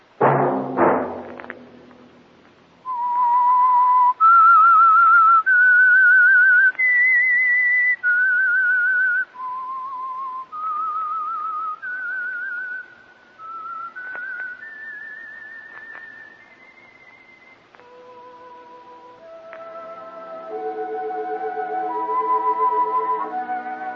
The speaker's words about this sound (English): Let that whistle be your signal for the Signal Oil program, The Whistler. Each Wednesday night at this same time.